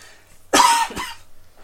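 Two sharp, explosive bursts in quick succession, about half a second apart. The first is louder and longer, the second shorter, with a slight throat-clearing edge. A brief double cough from an adult in a quiet room, with a faint low hum behind it.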